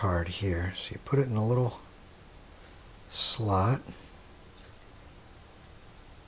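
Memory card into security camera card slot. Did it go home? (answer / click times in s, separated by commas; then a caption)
no / none. A 16-gigabyte memory card is placed into the small card slot of a YoLuke 5MP PTZ WiFi security camera and lined up before being pushed home, with only faint handling ticks under quiet background hiss. Someone talks from about 0.0 to 1.8 seconds and again from about 3.1 to 3.9 seconds. Nothing has seated or clicked yet.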